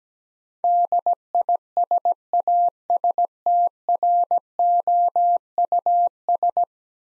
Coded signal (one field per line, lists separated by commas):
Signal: Morse code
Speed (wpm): 17 wpm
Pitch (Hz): 700 Hz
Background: none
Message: DISASTROUS